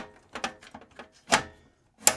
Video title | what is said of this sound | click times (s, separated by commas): How to Replace a Hard Drive | push it until it clicks | 2.1 s